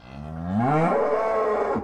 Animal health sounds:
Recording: contact call of a hoofed animal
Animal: cattle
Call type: low-frequency (closed-mouth) or high-frequency (open-mouth) call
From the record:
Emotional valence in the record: negative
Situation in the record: full separation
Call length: 1.85 s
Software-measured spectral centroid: 970 Hz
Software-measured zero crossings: 1220 a second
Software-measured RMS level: -23 dBFS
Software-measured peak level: -10 dBFS

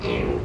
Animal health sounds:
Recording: contact call of a hoofed animal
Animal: pig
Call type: closed-mouth grunt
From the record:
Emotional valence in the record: negative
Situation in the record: short social isolation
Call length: 0.45 s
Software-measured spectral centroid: 1530 Hz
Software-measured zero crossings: 1310 a second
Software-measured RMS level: -24 dBFS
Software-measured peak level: -12 dBFS

